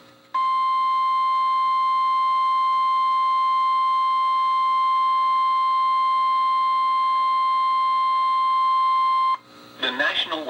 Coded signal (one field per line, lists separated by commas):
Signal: Emergency Alert System (SAME) tones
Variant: 1050 Hz attention tone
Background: speech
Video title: EAS #128-#133: Slight Risk | KHB36 & WXM42